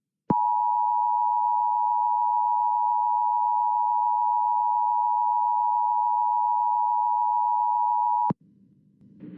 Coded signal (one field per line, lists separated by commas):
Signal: Emergency Alert System (SAME) tones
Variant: 853 and 960 Hz attention tone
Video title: DESTRUCTIVE 80 MPH Wind Gusts in Frisco TX EAS Alert